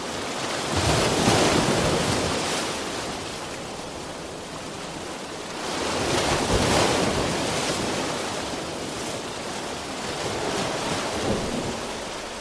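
Ocean surf rushes in a dense, hissing roar that fills everything from low rumble to bright spray. Waves swell and ease in slow surges, peaking near 1, 6–7 and 11 seconds, with a continuous wash between them and no quiet gaps.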